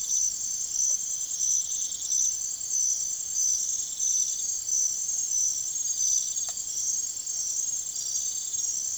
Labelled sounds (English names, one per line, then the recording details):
none
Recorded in secondary vegetation near Puerto Asís, Putumayo, Colombia, on 23 June 2025 at 03:30
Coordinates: 0.489, -76.322
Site G021